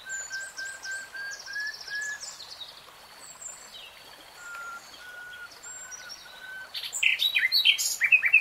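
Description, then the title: Nightingale song with soft slurred whistles and repeated buzzy phrases, a quieter stretch of low fluted notes, then an outburst of loud varied notes at the end. Singing, recorded in real time. "[Tiếng chim hót] Nightingale Singing"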